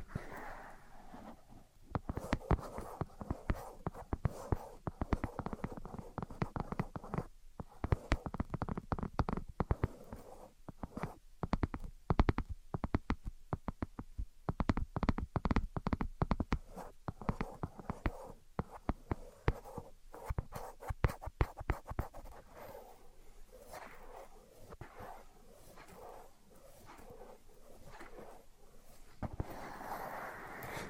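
Invisible tapping and scratching, made of dense runs of quick, sharp ticks that come in busy clusters for most of the half minute. The pace eases after about twenty seconds into softer, steadier scratching, with a low rustle underneath throughout.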